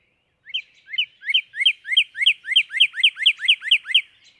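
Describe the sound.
Northern cardinal song: a quick run of about a dozen clear, slurred whistled notes that speed up slightly and then stop, with no other sounds.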